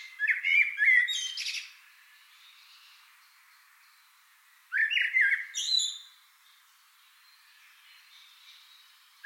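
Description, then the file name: Common blackbird singing two phrases, each a low mellow warble rising into a squeaky high twitter, separated by about three seconds of quiet. "Turdus merula"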